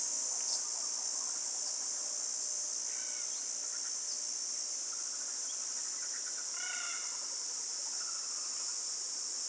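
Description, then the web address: Crickets chirping in a dense, continuous high trill, with a few short bird calls and a brief chattering burst partway through. Australian bush, morning, with tropical birds. "Australian Nature Sounds - Crickets Tropical Birds Morning Birds Bird Calls. Australian Nature Sounds - Bush Concerto With Wind Chimes"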